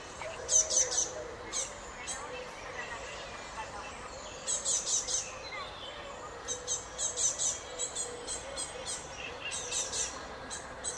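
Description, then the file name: Great tit calling in repeated bursts of thin, high, clipped notes, several clusters spread through the recording, over a constant low hiss. "Parus major"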